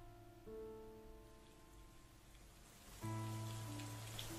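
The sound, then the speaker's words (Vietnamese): Heavy rain pours down in a steady, dense hiss, with sustained tonal notes humming beneath it; the whole wash of sound swells louder partway through. “Trời bắt đầu đổ mưa to.”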